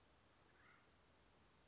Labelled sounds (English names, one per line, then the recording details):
Acorn Woodpecker
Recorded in Sonoma County, California